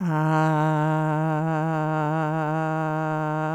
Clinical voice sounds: sustained vowel /a/; female; 50 to 59 years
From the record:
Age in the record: 57 years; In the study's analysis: included

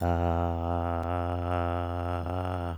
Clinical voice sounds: sustained vowel /a/; male; 50 to 59 years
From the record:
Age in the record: 59 years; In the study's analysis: excluded

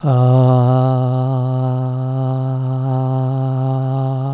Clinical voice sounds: sustained vowel /a/; male; 60 to 69 years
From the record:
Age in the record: 69 years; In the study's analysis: included

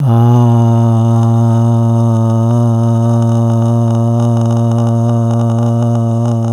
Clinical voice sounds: sustained vowel /a/; male; 70 to 79 years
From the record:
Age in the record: 73 years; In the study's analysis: included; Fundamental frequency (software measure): 115 Hz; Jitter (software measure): 0.31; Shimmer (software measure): 0.42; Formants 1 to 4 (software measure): 692 Hz, 1162 Hz, 2929 Hz, 3698 Hz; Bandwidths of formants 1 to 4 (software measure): 235 Hz, 266 Hz, 328 Hz, 329 Hz

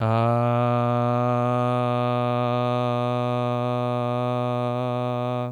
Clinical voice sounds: sustained vowel /a/; male; 30 to 39 years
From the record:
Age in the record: 30 years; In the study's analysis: included

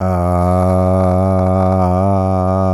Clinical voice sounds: sustained vowel /a/; male; 50 to 59 years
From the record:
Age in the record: 51 years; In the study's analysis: included

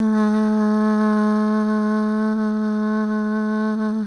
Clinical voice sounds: sustained vowel /a/; female; 30 to 39 years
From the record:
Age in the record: 32 years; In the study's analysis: included

